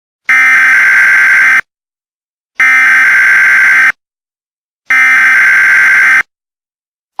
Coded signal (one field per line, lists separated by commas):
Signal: Emergency Alert System (SAME) tones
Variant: header bursts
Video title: EAS Scenario - When Mother Nature Attacks